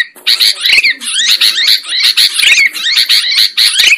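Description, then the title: Lovebird calls: sharp, shrill, high chirps packed closely together, with a few downward-sweeping squeals among them. Lure recording used to attract birds for trapping. "PIKAT BURUNG LOVEBIRD"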